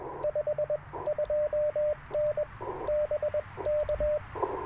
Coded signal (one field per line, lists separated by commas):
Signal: Morse code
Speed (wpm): 21 wpm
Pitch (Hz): 600 Hz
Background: radio noise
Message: 52N BK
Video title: Morning Morse Code - 10/30/2024